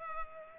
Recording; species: mosquito wingbeat signal from an infrared sensor; Culex pipiens